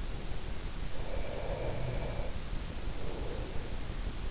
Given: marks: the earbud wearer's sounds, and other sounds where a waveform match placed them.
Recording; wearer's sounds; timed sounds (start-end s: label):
sounds in sleep by an in-ear microphone; breath
0.33-4.08 s: breath